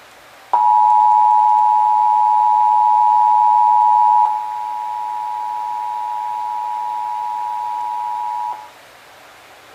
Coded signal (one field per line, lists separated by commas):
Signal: Emergency Alert System (SAME) tones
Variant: 853 and 960 Hz attention tone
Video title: (EAS #984-992) February 2026 Texas Required Monthly Test